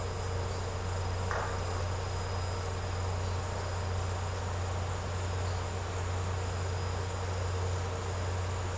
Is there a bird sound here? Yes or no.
no